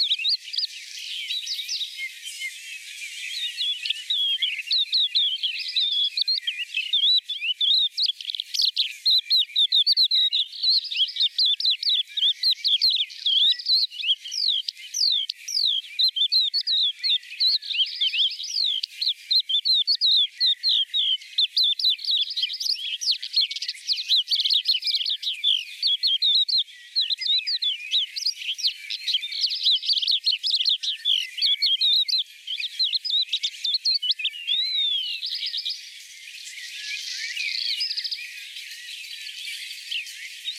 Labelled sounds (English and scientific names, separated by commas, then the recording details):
Crested Lark (Galerida cristata) song
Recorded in the wild
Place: Breisach im Breisgau, Baden-Württemberg, DE
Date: 1986-05-25
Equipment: Uher Report Monitor
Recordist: Schwarz, Dieter